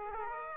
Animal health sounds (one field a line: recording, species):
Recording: mosquito wingbeat signal from an infrared sensor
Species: Aedes aegypti